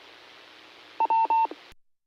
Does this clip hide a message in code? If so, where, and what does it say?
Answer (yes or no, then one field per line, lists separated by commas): no